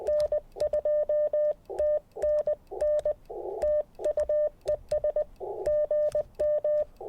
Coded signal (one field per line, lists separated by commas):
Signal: Morse code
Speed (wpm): 20 wpm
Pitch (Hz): 600 Hz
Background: none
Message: N2TNN TU ES GM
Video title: New Way I Pack POTA Gear for Activations - 12/16/23 @ K-4451